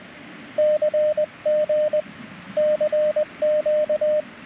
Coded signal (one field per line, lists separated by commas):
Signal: Morse code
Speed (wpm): 20 wpm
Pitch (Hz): 610 Hz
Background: radio noise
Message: CG CQ